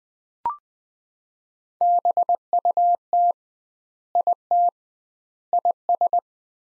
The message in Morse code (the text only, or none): BUT IT IS